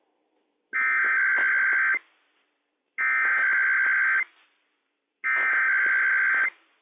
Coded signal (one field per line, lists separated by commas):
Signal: Emergency Alert System (SAME) tones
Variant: header bursts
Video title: IPAWS Required Weekly Test - WWF56 - EAS #60 - 11:01 AM PST 3/1/21